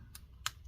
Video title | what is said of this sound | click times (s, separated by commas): DELL XPS 15 9510 Disassembly RAM SSD Upgrade Battery Replacement Repair Water Liquid Spill Clean Up | okay make sure that you actually feel it click down into place then we have this whole thing | 0.5 s